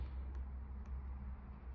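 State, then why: Not seated. A latch clip on the frame of a LAP air bike is lined up over its press point and notch, ready to be pushed home. Only a steady low hum and faint handling noise are heard, with two brief soft high ticks near 0.4 and 0.9 seconds. The latch has not clicked or seated yet.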